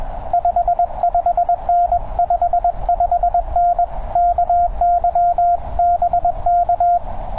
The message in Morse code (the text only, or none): 55N 55N KY BK